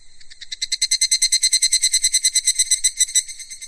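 Cicada call: a soft start building into fast, regular, high-pitched throbbing pulses that stay strong until about half a second before the end, then weaken, with little else heard.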